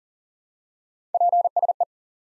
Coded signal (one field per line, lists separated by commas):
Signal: Morse code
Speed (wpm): 37 wpm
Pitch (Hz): 700 Hz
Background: none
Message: PSE